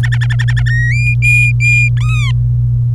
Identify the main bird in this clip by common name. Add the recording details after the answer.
Domestic Canary. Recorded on 25 April 2018 at 16:32. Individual llb3